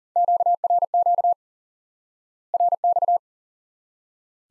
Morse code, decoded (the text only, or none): QRQ RX